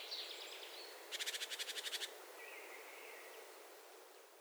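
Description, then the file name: Great tit churring call, a single dry rattle of about a dozen quick even pulses, over steady hissing background noise with a faint thin note afterwards. "Parus major"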